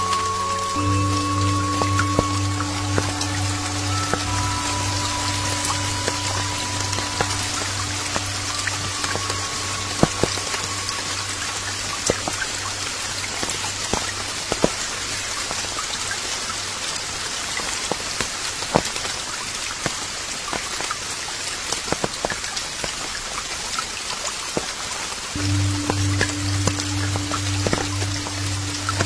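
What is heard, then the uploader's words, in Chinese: Light rain patters steadily on forest leaves, dense soft drips with a low steady hum that fades mid-clip and returns near the end. 寂静的山林雨滴轻轻落在树叶上。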